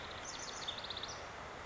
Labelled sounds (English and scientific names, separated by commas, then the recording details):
House Wren (Troglodytes aedon)
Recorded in Sonoma County, California